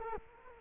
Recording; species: mosquito wingbeat signal from an infrared sensor; Culex quinquefasciatus